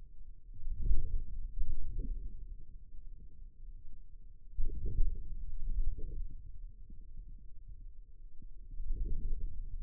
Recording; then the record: forearm muscle sounds (acoustic myography)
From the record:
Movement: inward rotation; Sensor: system 2, bracelet of six BSWA MPA416 microphones around the upper forearm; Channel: 4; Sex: male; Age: 22 years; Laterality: right